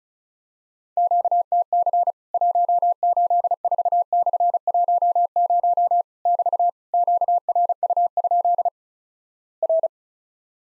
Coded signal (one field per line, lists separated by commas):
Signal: Morse code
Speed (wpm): 36 wpm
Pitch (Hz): 700 Hz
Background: none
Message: QTC 184/10 <BT> QRU? R